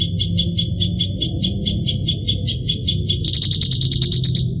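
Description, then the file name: Northern mockingbird song of rapid repeated high notes that shift late into a faster, sharper series, against a low background rumble. "kicauan-burung-northern-mockingbird -omkicau"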